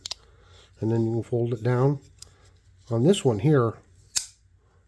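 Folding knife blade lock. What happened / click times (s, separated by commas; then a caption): The blade lock released with two sharp clicks / 0.1 s. The thumb studs of a folding knife are pulled forward to release its blade lock, giving two sharp metallic clicks close together at about 0.1 s and 0.1 s, and the blade is then folded down. Someone talks afterward, and another brief sharp sound comes near 4.2 s.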